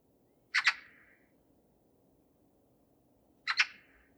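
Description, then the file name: Eurasian magpie giving two harsh double-noted chack calls about three seconds apart, otherwise quiet. "Pica pica"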